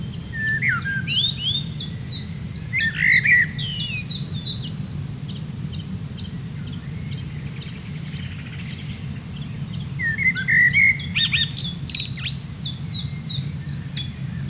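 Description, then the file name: Common blackbird sings two warbled, fluted phrases with squeaky endings, separated by a quiet gap, as another bird trills rapid repeated high notes; steady low rumble. "Turdus merula"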